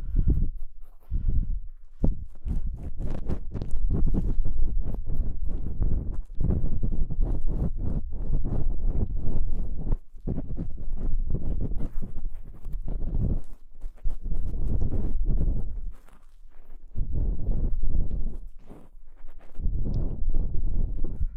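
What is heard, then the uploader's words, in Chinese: Ear cleaning with various sticks: dense, muffled scraping and rubbing that stays mostly low and thick, broken by quick sharp scratches and taps. The strokes come irregularly but almost without pause, with a brief softer lull around sixteen seconds. 用各种棒棒清理你的耳朵。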